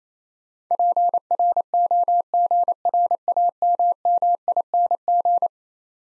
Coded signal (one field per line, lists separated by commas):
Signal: Morse code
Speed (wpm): 28 wpm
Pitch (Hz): 700 Hz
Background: none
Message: PROGRAMMING